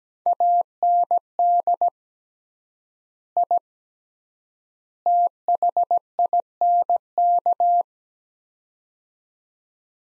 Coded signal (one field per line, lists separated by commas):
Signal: Morse code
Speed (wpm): 17 wpm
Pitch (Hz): 700 Hz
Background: none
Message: AND I THINK